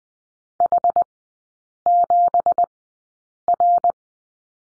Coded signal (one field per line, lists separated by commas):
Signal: Morse code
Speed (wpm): 20 wpm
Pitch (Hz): 700 Hz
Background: none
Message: H7R